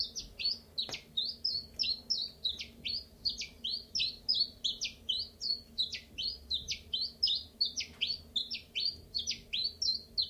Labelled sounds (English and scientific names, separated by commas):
Common Chiffchaff (Phylloscopus collybita)